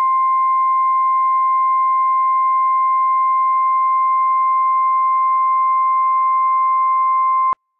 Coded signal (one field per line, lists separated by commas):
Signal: Emergency Alert System (SAME) tones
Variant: 1050 Hz attention tone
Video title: Late Night/Early Morning Severe Thunderstorm - EAS #243-244 - 7/6-7/22